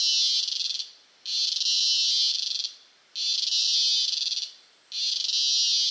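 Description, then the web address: Cicada buzzing in a loud, high, steady drone, in bursts of about one and a half seconds separated by short quiet gaps. Costa Rica. "Big Room Sound Insect Ciccada CU Costa Rica"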